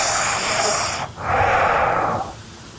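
A sleeping adult takes one full breath: a loud, hissing breath in, a short pause, then a heavy rushing breath out. The airflow is all through the nose with the mouth closed and no snoring rattle, giving a Darth Vader-like sound.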